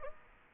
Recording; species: mosquito wingbeat signal from an infrared sensor; Aedes aegypti